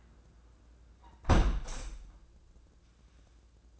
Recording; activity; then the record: daily activity, microphone in the room; close window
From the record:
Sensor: 2